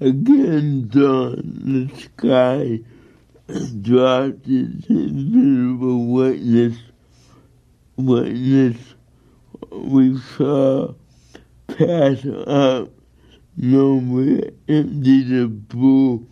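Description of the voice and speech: A recording from 1994 of the speaker himself reading this poem. The speaker was born with cerebral palsy. He can be difficult to understand, at least in the first hearing.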